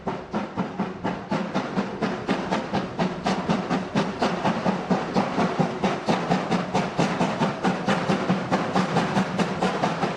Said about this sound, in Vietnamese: Nhưng mới lấy được dăm bước, một tiếng động chói tai vang lên, kèm theo tiếng đường sắt rung chuyển.